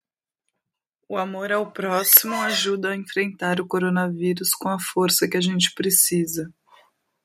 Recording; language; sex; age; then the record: spoken sentence; Brazilian Portuguese; female; 30 to 39 years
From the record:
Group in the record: control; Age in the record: 32 years